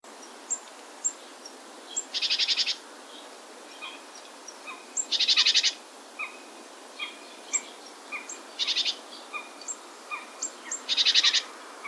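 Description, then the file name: Great tit calling: harsh, rattling churrs in four bursts several seconds apart, with short sharp chip notes scattered between them. "Parus major"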